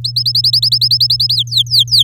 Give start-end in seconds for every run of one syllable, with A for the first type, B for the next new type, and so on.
0.04-1.34 A, 1.35-2.04 B